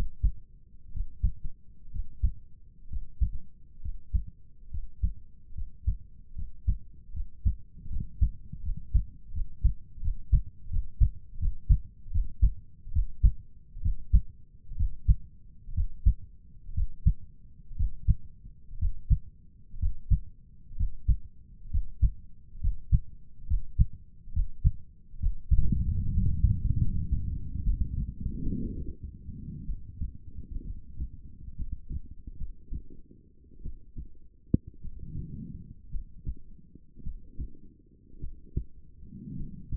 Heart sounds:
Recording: heart sounds by stethoscope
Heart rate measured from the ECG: 66 bpm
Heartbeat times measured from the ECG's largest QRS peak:
0.91 s: heartbeat
1.90 s: heartbeat
2.87 s: heartbeat
3.79 s: heartbeat
4.68 s: heartbeat
5.52 s: heartbeat
6.33 s: heartbeat
7.11 s: heartbeat
7.87 s: heartbeat
8.60 s: heartbeat
9.31 s: heartbeat
9.99 s: heartbeat
10.68 s: heartbeat
11.37 s: heartbeat
12.10 s: heartbeat
12.91 s: heartbeat
13.80 s: heartbeat
14.75 s: heartbeat
15.73 s: heartbeat
16.73 s: heartbeat
17.75 s: heartbeat
18.77 s: heartbeat
19.78 s: heartbeat
20.75 s: heartbeat
21.69 s: heartbeat
22.59 s: heartbeat
23.46 s: heartbeat
24.31 s: heartbeat
25.18 s: heartbeat
26.10 s: heartbeat
26.78 s: heartbeat
27.62 s: heartbeat
28.42 s: heartbeat
29.65 s: heartbeat
30.63 s: heartbeat
31.55 s: heartbeat
32.37 s: heartbeat
33.61 s: heartbeat
34.80 s: heartbeat
35.89 s: heartbeat
37.02 s: heartbeat
38.19 s: heartbeat
39.35 s: heartbeat
From the record:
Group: healthy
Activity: Valsalva maneuver 0-25 s, rest 25-40 s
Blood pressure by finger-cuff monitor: 126/71 mmHg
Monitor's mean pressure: 90 mmHg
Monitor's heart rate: 65 bpm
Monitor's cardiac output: 5.9 L/min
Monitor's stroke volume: 87 mL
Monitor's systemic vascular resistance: 1060 dyn s/cm5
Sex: female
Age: 23 years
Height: 160 cm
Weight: 50.4 kg

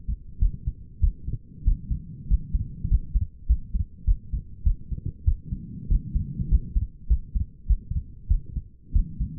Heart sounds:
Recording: heart sounds by stethoscope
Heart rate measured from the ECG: 98 bpm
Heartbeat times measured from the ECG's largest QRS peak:
0.40 s: heartbeat
1.01 s: heartbeat
1.65 s: heartbeat
2.29 s: heartbeat
2.89 s: heartbeat
3.48 s: heartbeat
4.06 s: heartbeat
4.64 s: heartbeat
5.26 s: heartbeat
5.89 s: heartbeat
6.50 s: heartbeat
7.08 s: heartbeat
7.68 s: heartbeat
8.29 s: heartbeat
8.93 s: heartbeat
From the record:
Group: healthy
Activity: rest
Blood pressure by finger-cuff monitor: 124/74 mmHg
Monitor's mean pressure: 89 mmHg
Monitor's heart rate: 99 bpm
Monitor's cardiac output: 7.5 L/min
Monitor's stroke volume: 74 mL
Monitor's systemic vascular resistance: 870 dyn s/cm5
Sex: female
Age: 37 years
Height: 168 cm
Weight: 70 kg

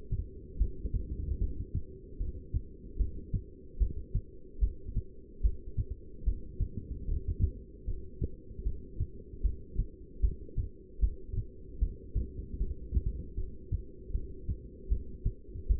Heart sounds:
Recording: heart sounds by stethoscope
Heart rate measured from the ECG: 76 bpm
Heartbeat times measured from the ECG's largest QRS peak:
0.58 s: heartbeat
1.39 s: heartbeat
2.18 s: heartbeat
2.98 s: heartbeat
3.79 s: heartbeat
4.60 s: heartbeat
5.42 s: heartbeat
6.25 s: heartbeat
7.06 s: heartbeat
7.86 s: heartbeat
8.64 s: heartbeat
9.42 s: heartbeat
10.21 s: heartbeat
11.01 s: heartbeat
11.80 s: heartbeat
12.59 s: heartbeat
13.36 s: heartbeat
14.13 s: heartbeat
14.89 s: heartbeat
15.68 s: heartbeat
From the record:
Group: heart failure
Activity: rest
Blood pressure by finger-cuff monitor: 178/108 mmHg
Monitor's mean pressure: 131 mmHg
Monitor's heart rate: 76 bpm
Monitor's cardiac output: 7.7 L/min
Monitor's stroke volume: 101 mL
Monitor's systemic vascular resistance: 1280 dyn s/cm5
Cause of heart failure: non-ischemic cardiomyopathy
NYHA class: 1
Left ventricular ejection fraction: 62%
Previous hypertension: present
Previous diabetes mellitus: present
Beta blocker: bisoprolol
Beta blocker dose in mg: 10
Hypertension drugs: sacubitril-valsartan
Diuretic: furosemide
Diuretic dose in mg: 20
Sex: male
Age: 49 years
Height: 167 cm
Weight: 110 kg

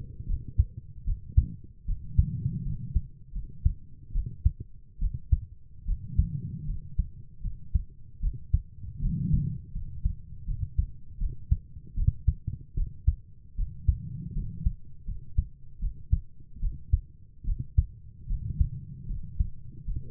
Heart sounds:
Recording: heart sounds by stethoscope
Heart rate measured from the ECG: 77 bpm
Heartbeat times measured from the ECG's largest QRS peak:
0.27 s: heartbeat
1.06 s: heartbeat
1.87 s: heartbeat
2.64 s: heartbeat
3.34 s: heartbeat
4.13 s: heartbeat
5.00 s: heartbeat
5.86 s: heartbeat
6.67 s: heartbeat
7.42 s: heartbeat
8.21 s: heartbeat
9.01 s: heartbeat
9.73 s: heartbeat
10.46 s: heartbeat
11.19 s: heartbeat
11.96 s: heartbeat
12.76 s: heartbeat
13.57 s: heartbeat
14.35 s: heartbeat
15.06 s: heartbeat
15.80 s: heartbeat
16.61 s: heartbeat
17.46 s: heartbeat
18.28 s: heartbeat
19.08 s: heartbeat
19.86 s: heartbeat
From the record:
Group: healthy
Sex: female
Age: 22 years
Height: 160 cm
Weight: 63 kg

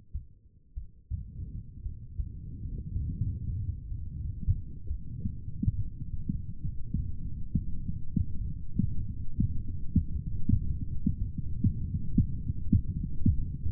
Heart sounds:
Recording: heart sounds by stethoscope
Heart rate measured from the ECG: 64 bpm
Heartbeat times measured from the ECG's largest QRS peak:
0.74 s: heartbeat
1.83 s: heartbeat
2.93 s: heartbeat
3.88 s: heartbeat
4.87 s: heartbeat
5.77 s: heartbeat
6.62 s: heartbeat
7.52 s: heartbeat
8.38 s: heartbeat
9.36 s: heartbeat
10.24 s: heartbeat
11.18 s: heartbeat
12.10 s: heartbeat
12.94 s: heartbeat
From the record:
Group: healthy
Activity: rest 0-3 s, light exercise 3-14 s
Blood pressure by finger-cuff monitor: 101/67 mmHg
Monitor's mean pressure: 77 mmHg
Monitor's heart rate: 63 bpm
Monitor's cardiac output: 4.7 L/min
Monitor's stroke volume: 76 mL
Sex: female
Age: 36 years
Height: 163 cm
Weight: 88 kg

